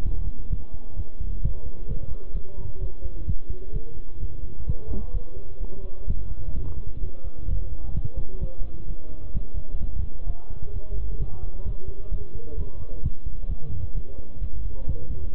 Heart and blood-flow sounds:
heart sounds by stethoscope; between the tricuspid and mitral areas; 130 bpm
0.05 s: heartbeat
0.51 s: heartbeat
0.97 s: heartbeat
1.43 s: heartbeat
1.89 s: heartbeat
2.35 s: heartbeat
2.81 s: heartbeat
3.27 s: heartbeat
3.74 s: heartbeat
4.21 s: heartbeat
4.68 s: heartbeat
5.14 s: heartbeat
5.61 s: heartbeat
6.08 s: heartbeat
6.54 s: heartbeat
7.01 s: heartbeat
7.48 s: heartbeat
7.95 s: heartbeat
8.41 s: heartbeat
8.88 s: heartbeat
9.34 s: heartbeat
9.81 s: heartbeat
10.27 s: heartbeat
10.74 s: heartbeat
11.20 s: heartbeat
11.66 s: heartbeat
12.12 s: heartbeat
12.58 s: heartbeat
13.04 s: heartbeat
13.49 s: heartbeat
13.95 s: heartbeat
14.41 s: heartbeat
14.87 s: heartbeat
15.33 s: heartbeat
From the record:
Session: bicycle stress test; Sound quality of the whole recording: good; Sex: male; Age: 23 years

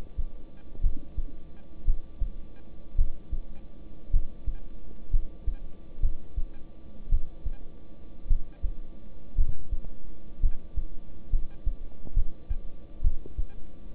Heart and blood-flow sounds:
heart sounds by stethoscope; between the tricuspid and mitral areas; 59 bpm
0.81 s: heartbeat
1.85 s: heartbeat
2.96 s: heartbeat
4.11 s: heartbeat
5.11 s: heartbeat
6.01 s: heartbeat
7.10 s: heartbeat
8.28 s: heartbeat
9.36 s: heartbeat
10.41 s: heartbeat
11.30 s: heartbeat
12.14 s: heartbeat
13.02 s: heartbeat
From the record:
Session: rest, lying down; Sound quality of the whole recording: good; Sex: male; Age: 26 years

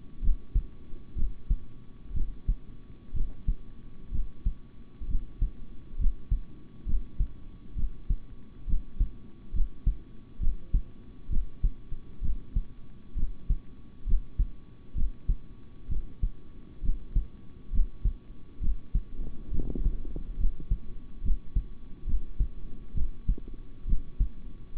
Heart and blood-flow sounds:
heart sounds by stethoscope; between the tricuspid and mitral areas; 66 bpm
0.21 s: heartbeat
1.15 s: heartbeat
2.13 s: heartbeat
3.13 s: heartbeat
4.11 s: heartbeat
5.07 s: heartbeat
5.98 s: heartbeat
6.85 s: heartbeat
7.75 s: heartbeat
8.66 s: heartbeat
9.52 s: heartbeat
10.39 s: heartbeat
11.29 s: heartbeat
12.21 s: heartbeat
13.15 s: heartbeat
14.05 s: heartbeat
14.94 s: heartbeat
15.88 s: heartbeat
16.82 s: heartbeat
17.71 s: heartbeat
18.60 s: heartbeat
19.51 s: heartbeat
20.37 s: heartbeat
21.22 s: heartbeat
22.06 s: heartbeat
22.94 s: heartbeat
23.86 s: heartbeat
24.75 s: heartbeat
From the record:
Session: rest, sitting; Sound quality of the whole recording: good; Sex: male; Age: 26 years

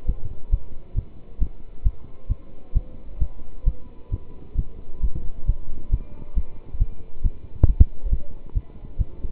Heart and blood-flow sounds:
heart sounds by stethoscope; between the tricuspid and mitral areas; 135 bpm
0.06 s: heartbeat
0.51 s: heartbeat
0.95 s: heartbeat
1.39 s: heartbeat
1.83 s: heartbeat
2.28 s: heartbeat
2.74 s: heartbeat
3.19 s: heartbeat
3.64 s: heartbeat
4.10 s: heartbeat
4.56 s: heartbeat
5.01 s: heartbeat
5.46 s: heartbeat
5.90 s: heartbeat
6.34 s: heartbeat
6.79 s: heartbeat
7.23 s: heartbeat
7.66 s: heartbeat
8.10 s: heartbeat
8.54 s: heartbeat
8.97 s: heartbeat
From the record:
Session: pedaling a stationary bicycle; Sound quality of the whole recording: good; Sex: male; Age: 27 years

